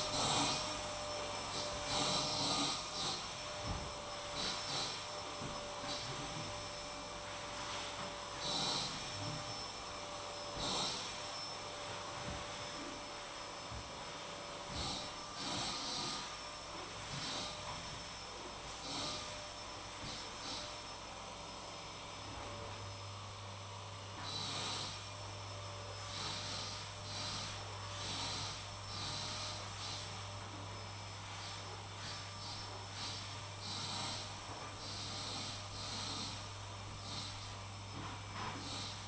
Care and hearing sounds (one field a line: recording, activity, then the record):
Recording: daily activity, microphone in the room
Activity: vacuum cleaning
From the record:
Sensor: 1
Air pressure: 1000.2 hPa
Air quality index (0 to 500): 139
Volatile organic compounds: 2 ppm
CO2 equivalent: 1307 ppm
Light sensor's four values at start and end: 33/83/35/42 and 33/82/35/42